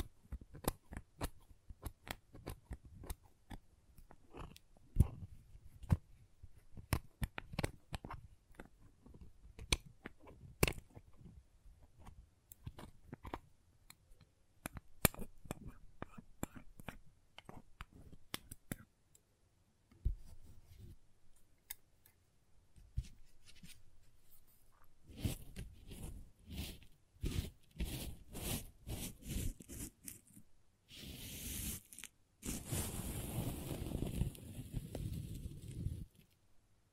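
Crayons tap, scrape and get cut in a busy run of short, sharp clicks and snips, dense and irregular through the first half with scattered louder knocks near 5 and 15 seconds. Toward the end, longer scratchy strokes take over, growing fuller and rougher after about 31 seconds.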